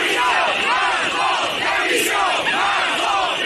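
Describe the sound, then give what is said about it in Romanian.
A large crowd on a Paris boulevard roars steadily at the start of a military parade, dense applause greeting the French president mixed with loud shouts and shrill whistles from Yellow Vests protesters, rising and falling throughout, with no single voice standing out. “Președintele Franței a fost întâmpinat cu aplauze, dar a avut parte și de fluierăturile protestatarilor adunați pe marginea celebrului bulevard de la Paris, la începutul paradei.”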